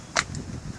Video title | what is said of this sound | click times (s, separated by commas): Westac holsters | snaps right in there a very good retention very | 0.2 s